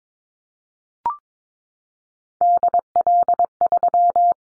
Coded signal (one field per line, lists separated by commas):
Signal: Morse code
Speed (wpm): 22 wpm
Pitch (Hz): 700 Hz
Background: none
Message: DL3